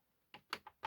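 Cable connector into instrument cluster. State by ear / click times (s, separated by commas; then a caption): seated / 0.5 s. While reassembling the instrument panel of a 2005 Venture during stepper motor replacement, a cable connector is pushed into its plastic socket on the instrument cluster. Four short, sharp clicks sound at about 0.3, 0.5, 0.7 and 0.9 seconds; the loudest, at 0.5 seconds, is the snap. The connector is seated.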